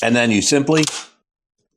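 Someone talks while handling the battery pack of an Actbest Core ST 2.0 e-bike, which has its bottom seated first and is about to be pushed into the frame mount, where it locks automatically without the key. The speech fades out after about 1.1 seconds, followed by silence. Nothing has seated or clicked yet.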